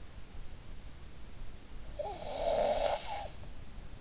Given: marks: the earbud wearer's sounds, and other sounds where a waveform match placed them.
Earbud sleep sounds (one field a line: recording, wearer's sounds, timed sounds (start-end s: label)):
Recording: sounds in sleep by an in-ear microphone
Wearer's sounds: snoring breath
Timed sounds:
1.55-4.01 s: snoring breath